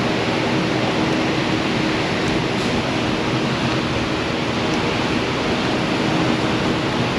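A mechanic handles an electrical connector for its plastic mating plug on a car, rearranging a rubber seal that had been shoved aside and applying dielectric grease so it will slide into the plastic housing. Only steady, broadband hiss-like noise is heard, with no distinct handling sounds. The connector has not yet been plugged in or clicked into place.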